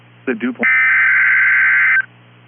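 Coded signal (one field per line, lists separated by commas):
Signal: Emergency Alert System (SAME) tones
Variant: header bursts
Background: speech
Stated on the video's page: Fictional EAS scenario about a large tornado outbreak in Tornado Alley, not a real alert.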